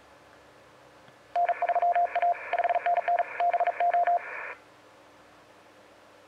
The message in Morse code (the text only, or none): N3A 5NN BO